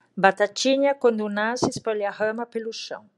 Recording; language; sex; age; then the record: short text; Brazilian Portuguese; female; 50 to 59 years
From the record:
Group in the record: control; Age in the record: 58 years